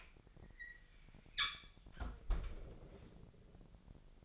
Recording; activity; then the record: daily activity, microphone in the room; close fridge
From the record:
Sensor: 5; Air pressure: 1002.0 hPa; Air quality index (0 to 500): 219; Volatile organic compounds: 26 ppm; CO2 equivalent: 2851 ppm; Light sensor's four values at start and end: 10/24/10/11 and 9/23/9/10